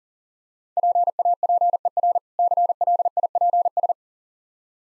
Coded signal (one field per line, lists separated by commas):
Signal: Morse code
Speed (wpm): 40 wpm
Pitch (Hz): 700 Hz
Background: none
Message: PAPER CLIPS